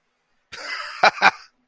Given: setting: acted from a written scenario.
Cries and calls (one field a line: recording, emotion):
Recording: vocal sound without words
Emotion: amusement